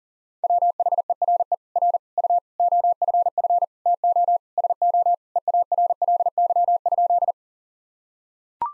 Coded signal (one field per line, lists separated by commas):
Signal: Morse code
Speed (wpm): 40 wpm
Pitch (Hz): 700 Hz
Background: none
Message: WHERE R U OFF TO SO EARLY?